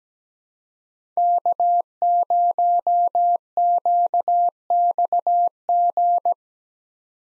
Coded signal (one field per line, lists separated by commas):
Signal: Morse code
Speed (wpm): 17 wpm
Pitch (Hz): 700 Hz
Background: none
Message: K0QXG